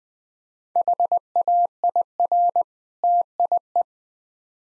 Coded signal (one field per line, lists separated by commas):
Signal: Morse code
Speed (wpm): 20 wpm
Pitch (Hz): 700 Hz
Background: none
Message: HAIR TIE